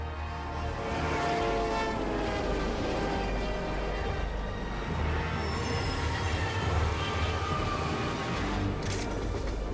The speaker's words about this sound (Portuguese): O tenente Gordon vai passar por baixo da ponte El na hora que o trem estiver cruzando.